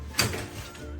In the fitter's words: just open it up until you hear the click